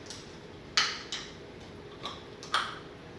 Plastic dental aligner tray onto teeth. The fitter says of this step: it snaps right into place on these I'm due to change them out